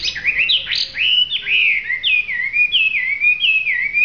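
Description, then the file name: Hwamei singing a bright whistled series, varied sweeping notes followed by rhythmic repeated slurred phrases, loud and continuous. In full song. "audio hwamei gacor. omkicau"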